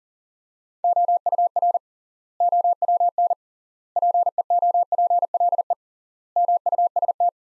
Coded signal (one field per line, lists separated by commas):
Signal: Morse code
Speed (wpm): 40 wpm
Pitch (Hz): 700 Hz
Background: none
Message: OUR OWN PEOPLE MUST